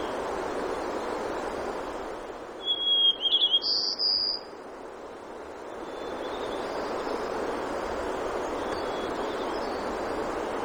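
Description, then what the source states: White-crowned sparrow, one song phrase midway: clear whistle, then rapid buzzy trilled notes, over continuous rushing background noise. Recorded in Denali, Alaska, on 3 June 2012.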